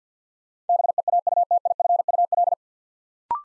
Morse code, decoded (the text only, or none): BEAUTIFUL